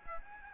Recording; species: mosquito wingbeat signal from an infrared sensor; Aedes albopictus